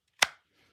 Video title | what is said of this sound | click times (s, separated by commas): Most Controversial Knife Video Ever CHINA vs AMERICAN Made! | so this one doesn't lock in as loud as the other one | 0.2 s